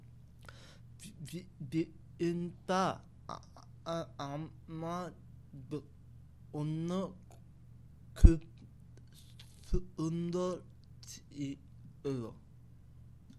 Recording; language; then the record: elicited speech; Bengali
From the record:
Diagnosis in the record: Broca's or global aphasia after a stroke